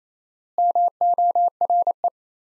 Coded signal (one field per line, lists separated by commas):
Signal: Morse code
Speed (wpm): 28 wpm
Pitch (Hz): 700 Hz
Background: none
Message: MORE